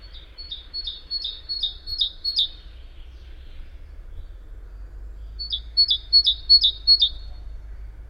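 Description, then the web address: Great tit giving bright two-note phrases, about seven in a rapid series, then a pause of a few seconds and another quick series of five. "SETE Parus major"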